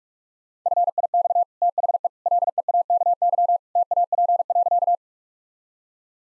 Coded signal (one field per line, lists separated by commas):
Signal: Morse code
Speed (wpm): 41 wpm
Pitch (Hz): 700 Hz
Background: none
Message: FIX THE LEAKY TAP.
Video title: Easy Sentences with Hints - 45wpm